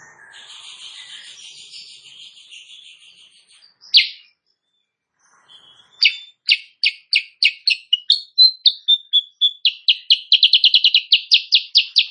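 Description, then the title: Sooty-headed bulbul song: a soft warbled opening, one sharp note, then a long fast run of bright, clipped chips that speeds up toward the end. Tutor (masteran) recording for training songbirds; bird singing actively (gacor) in the morning, meant to prompt rival birds to answer. "Masteran Kutilang Sutra. Kutilang Sutra GACOR pagi hari bikin lawannya AUTO NYAUT"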